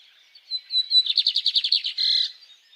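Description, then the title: Bird song: a few thin whistled notes, then a fast rattling trill of repeated notes ending in a longer note. Birds singing at dawn. "Pássaros Cantando No Amanhecer"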